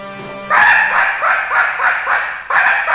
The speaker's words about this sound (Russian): Слушай, Зурикела, этот паршивый пес, что нас за зайцев принимает, что ли? Лает на нас. Что ему надо?